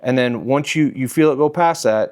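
Someone talks while handling the metal folding frame latch on a Lectric XP 3.0 folding e-bike, working the latch toward its catch as the frame is closed. Only speech is heard, with no click; the latch has not seated or clicked shut yet.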